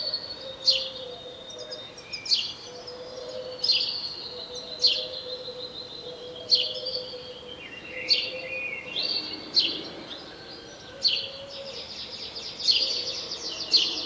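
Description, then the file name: House sparrow calls, a long run of sharp chirps about every second and a half, with a brief chattering burst midway and a low hum. "Passer domesticus"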